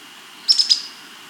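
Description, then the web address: Long-tailed antbird call: three quick, high, sharp notes in a tight burst, followed by quiet. Andean bird of South America. "S America Andean Birds Long-Tailed Antbird (Drymophila Caudata)"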